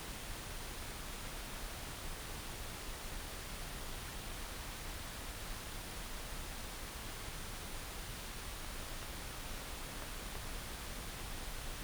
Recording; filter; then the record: brain microelectrode recording played as sound; wide band, above 20 Hz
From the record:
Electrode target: subthalamic nucleus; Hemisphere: right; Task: reaching with the left hand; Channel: 1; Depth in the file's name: 5.102 mm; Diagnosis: Parkinson's disease